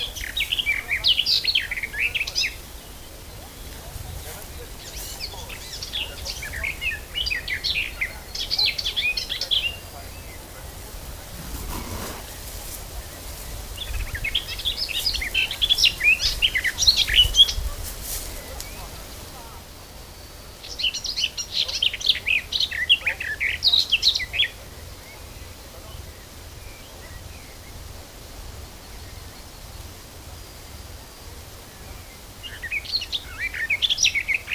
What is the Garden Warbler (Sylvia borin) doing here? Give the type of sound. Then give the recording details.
song. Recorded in the wild. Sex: male. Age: adult. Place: Köppchensee, Berlin, DE. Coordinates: 52.6167, 13.3667. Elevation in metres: 40. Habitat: wood. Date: 2000-06-18 13:18. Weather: fair, 22°C. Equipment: Nagra SN, Kopie Uher 4000 Report Monitor. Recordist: Tembrock, Günter. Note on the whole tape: Heckenartiger Baumbestand. Gesang